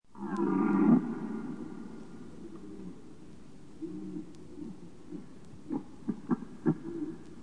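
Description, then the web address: Red deer gives one short, deep bellow at the start, followed by quiet background and a few faint clicks. "Jelen"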